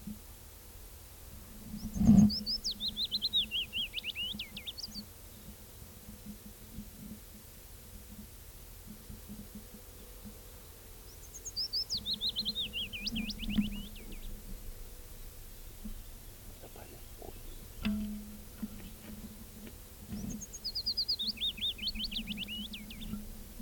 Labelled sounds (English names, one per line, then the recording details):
Willow Warbler song
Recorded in the wild
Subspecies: trochilus
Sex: male
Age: adult
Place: Lausanne, Waadt, CH
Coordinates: 46.55, 6.68333
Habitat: forest
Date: 1964-05-11 10:15
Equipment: Nagra III PH, Parabolspiegelmikrophon, LGS26
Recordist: Sapper and Schneider, H.-J